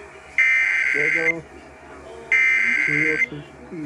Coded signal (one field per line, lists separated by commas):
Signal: Emergency Alert System (SAME) tones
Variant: header bursts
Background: speech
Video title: Two Days Before Fireworks Tests (EAS #20044-20055) 7/2/24